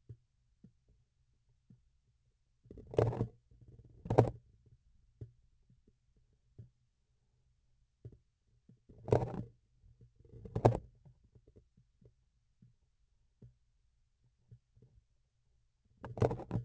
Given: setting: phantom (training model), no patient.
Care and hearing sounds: laparoscopic instrument, vibration sensor on the handle end; grasping forceps; opening and closing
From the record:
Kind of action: tool actuation without material contact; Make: other than Olympus

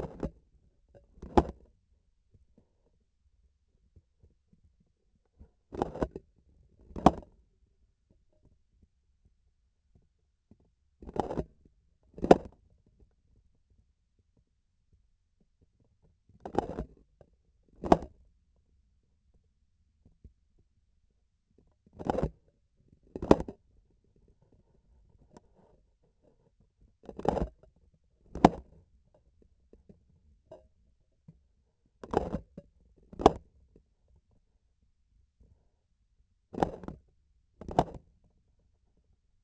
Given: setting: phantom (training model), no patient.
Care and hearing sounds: laparoscopic instrument, vibration sensor on the handle end; grasping forceps; opening and closing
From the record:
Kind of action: tool actuation without material contact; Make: other than Olympus

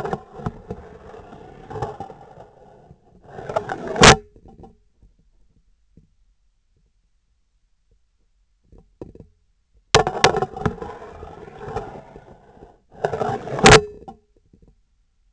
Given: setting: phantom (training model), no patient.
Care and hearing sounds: laparoscopic instrument, vibration sensor on the handle end; scissors; insertion and removal through the trocar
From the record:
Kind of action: spatial motion

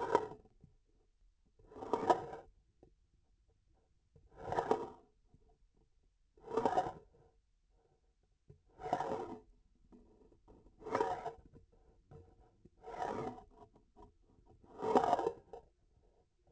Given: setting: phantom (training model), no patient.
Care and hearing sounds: laparoscopic instrument, vibration sensor on the handle end; grasping forceps; approaching and retracting movements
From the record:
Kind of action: spatial motion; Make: Olympus

